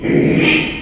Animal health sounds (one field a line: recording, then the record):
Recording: squeal of a Yucatan mini pig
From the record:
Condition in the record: after surgery on the right vocal fold (resection and tissue-engineered implant)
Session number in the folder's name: 2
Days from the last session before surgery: 13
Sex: male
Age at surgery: 12 weeks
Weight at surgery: 13 kg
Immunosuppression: cyclosporine, prednisolone